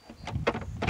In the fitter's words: They fold out and then you push them down and they lock, okay? They lock into place.